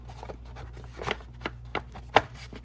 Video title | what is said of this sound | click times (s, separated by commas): Replacing PCV/CCV Diaphragms on BMW n62 V8 to Fix Rough idle, Whistling, and Smoke P2187 P2189 | pops right in there. | 1.8 s, 2.2 s